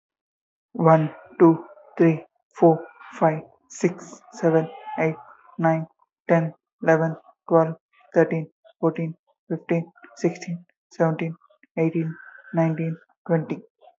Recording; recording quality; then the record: counting at a normal pace; excellent, no background noise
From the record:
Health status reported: respiratory illness, not identified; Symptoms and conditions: asthma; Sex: male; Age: 21 years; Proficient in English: yes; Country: India